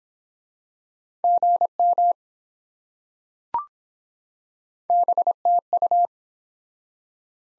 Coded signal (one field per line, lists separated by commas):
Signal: Morse code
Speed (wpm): 24 wpm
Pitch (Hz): 700 Hz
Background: none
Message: GM BTU